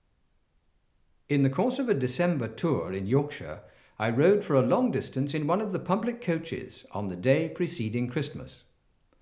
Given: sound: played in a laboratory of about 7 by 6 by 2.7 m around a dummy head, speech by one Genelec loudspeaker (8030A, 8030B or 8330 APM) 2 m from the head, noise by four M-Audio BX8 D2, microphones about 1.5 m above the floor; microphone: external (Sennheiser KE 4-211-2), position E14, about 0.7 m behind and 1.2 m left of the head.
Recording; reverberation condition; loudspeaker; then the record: male speech in English; medium; 120 degrees to the left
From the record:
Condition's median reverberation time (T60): about 510 ms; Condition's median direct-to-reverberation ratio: about -0.5 dB